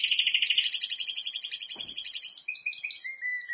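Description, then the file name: Canary song: a rapid pulsed trill lasting about two seconds, then lower spaced chirps and a short high buzzy tail. "Canary Voice"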